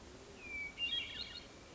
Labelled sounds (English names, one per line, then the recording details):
Hermit Thrush
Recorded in Sonoma County, California